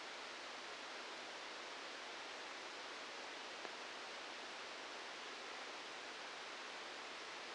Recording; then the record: brain microelectrode recording played as sound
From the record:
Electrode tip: outside the subthalamic nucleus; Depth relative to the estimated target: -6 mm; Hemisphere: left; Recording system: NeuroSet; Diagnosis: Parkinson's disease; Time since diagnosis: 8 years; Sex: male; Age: 46 years